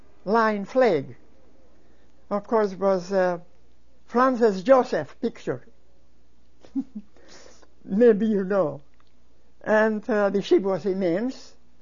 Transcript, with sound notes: Line flag. Of, course it was Franz Joseph's picture (he laughs) maybe you know. And the ship was immense,